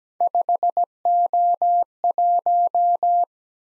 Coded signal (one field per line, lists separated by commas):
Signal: Morse code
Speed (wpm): 17 wpm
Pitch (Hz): 700 Hz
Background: none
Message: 5O1